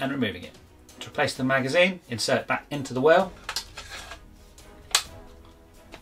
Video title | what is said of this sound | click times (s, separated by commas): AATV S&T Lee-Enfield - SMLE NO.1 MK III Airsoft Replica Review | press up until you hear it click | 4.9 s